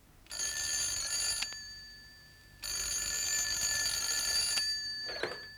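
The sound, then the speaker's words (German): A telephone in an office rings on a hot summer day in two long, shrill bursts separated by a pause of about a second, then a brief clatter sounds just after the second ring stops. No one speaks. “Da klingelte das Telefon.”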